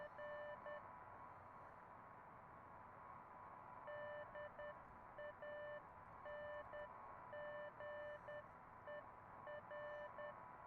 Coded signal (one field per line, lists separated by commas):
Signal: Morse code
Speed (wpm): 10 wpm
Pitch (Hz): 1800 Hz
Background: none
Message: R DANGER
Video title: Let's Stream Beacon Pines (Part 1)